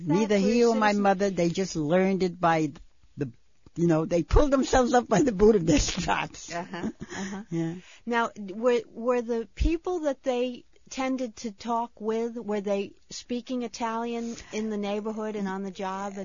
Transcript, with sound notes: Neither he or my mother, they just learned it by the, you know they pulled themselves up by the boot of their straps. (laughs)
Now, were the people that they tended to talk with, were they speaking Italian in the neighborhood and on the job?